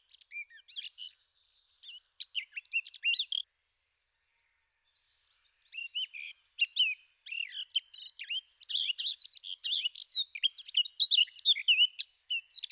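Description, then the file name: Eurasian blackcap singing a fast, jumbled warble of high chattering and whistled notes, with a silent gap before a longer, denser phrase. "zwartkop"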